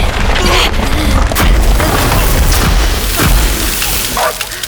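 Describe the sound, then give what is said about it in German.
Glass icicles come crashing down in a loud, sustained clatter: several sharp smashing bursts and bright tinkling shards ring out over a deep, rumbling boom. “Die Eiszapfen aus Glas sind nach unten gerasselt.”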